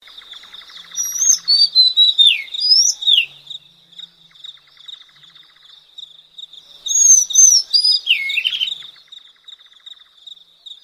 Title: suara burung kacer madagaskar